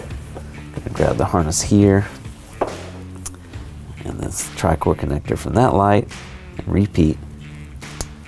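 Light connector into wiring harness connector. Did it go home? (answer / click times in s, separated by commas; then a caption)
yes / 8.0 s. A three-pin connector from the driver side Spartan MKII Series reverse light is pushed into the matching plastic wiring harness connector until it latches. Someone talks over background music, and the connector clicks into place at 8.0 s, fully seated.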